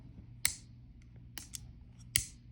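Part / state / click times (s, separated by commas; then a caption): awl implement locking open in a multitool handle / seated / 0.5 s, 2.2 s. The awl and needle-threader implement of a steel Bibury/Multper MP2049 multitool plier is opened in its handle until the liner lock engages. Two sharp, bright metallic clicks ring out at 0.5 s and 2.2 s, with fainter ticks around 1.4 s and 1.6 s in between. The awl locks firmly into place.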